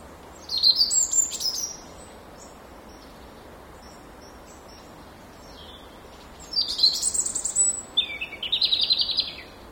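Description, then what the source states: European robin giving high, liquid, twittering song, one phrase early and more after a long gap, quick jumbles of sweet thin notes, with constant soft rushing noise behind. Recorded beside a mill stream on 10 November 2014.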